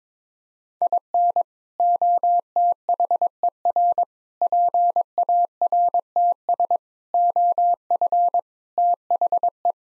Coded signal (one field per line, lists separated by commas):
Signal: Morse code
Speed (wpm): 22 wpm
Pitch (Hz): 700 Hz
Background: none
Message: IN OTHER PARTS OF THE